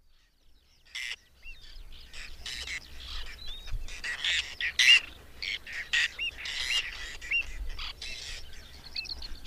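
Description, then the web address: Whiskered tern calls, a mix of rasping notes and brief upslurred squeaks, starting after a quiet second. "agykontroll Madardalok Cd 3. Fattyúszerkő"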